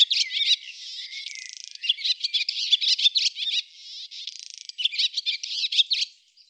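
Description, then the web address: Barn swallow twittering song, a fast run of chirps and warbles with two drawn-out buzzy rattles, near-continuous over several seconds. "cianscape birddata Deverinetal 2025"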